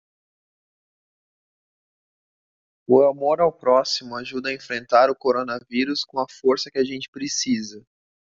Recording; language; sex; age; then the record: spoken sentence; Brazilian Portuguese; male; 20 to 29 years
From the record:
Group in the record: control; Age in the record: 29 years